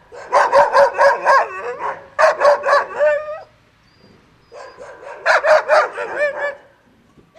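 Dog barking in quick volleys of several sharp barks, with a longer quiet gap midway.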